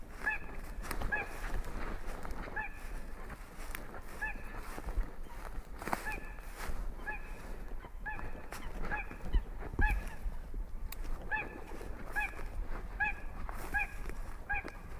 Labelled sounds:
Little Crake (Porzana parva)

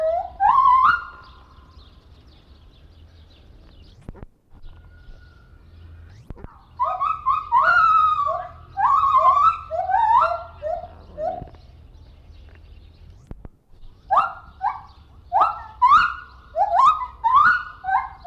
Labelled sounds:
Silvery Javan Gibbon (Hylobates moloch)

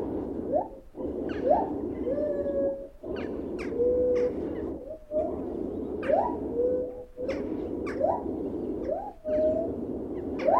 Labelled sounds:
Lar Gibbon (Hylobates lar)

